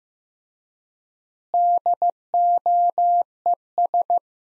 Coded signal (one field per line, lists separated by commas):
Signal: Morse code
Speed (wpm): 15 wpm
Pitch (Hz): 700 Hz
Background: none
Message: DOES